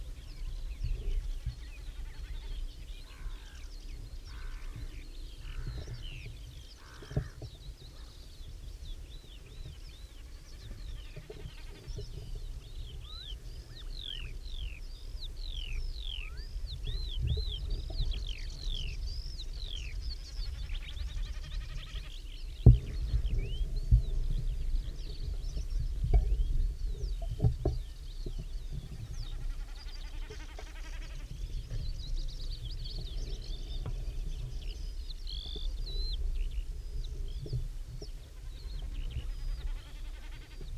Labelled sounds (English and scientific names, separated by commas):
Common Snipe (Gallinago gallinago)